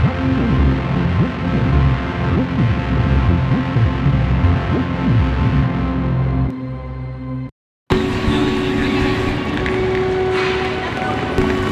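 A synthesised soundscape of dense, layered tones with a busy, churning texture through the first six seconds, then a thinner stretch that cuts to complete silence just before eight seconds. It returns brighter, with a sustained hum and a hissing, crackling top layer.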